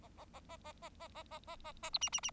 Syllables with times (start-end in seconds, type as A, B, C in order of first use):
0.02-0.08 A, 0.17-0.25 A, 0.33-0.40 A, 0.48-0.56 A, 0.64-0.72 A, 0.82-0.89 A, 1.00-1.08 A, 1.15-1.23 A, 1.31-1.38 A, 1.47-1.56 A, 1.64-1.72 A, 1.82-1.90 A, 1.93-1.98 B, 2.01-2.09 C, 2.12-2.20 C, 2.23-2.30 C